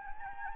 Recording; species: mosquito wingbeat signal from an infrared sensor; Anopheles arabiensis